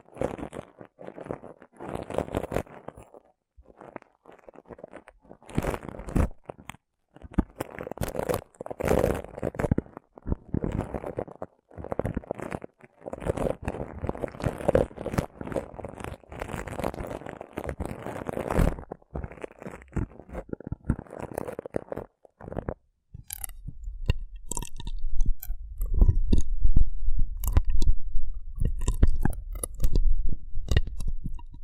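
Rough brain cleaning and picking: dense wet crunching and squelching for about 23 seconds, then a low rumble with sparser, sharper clicks.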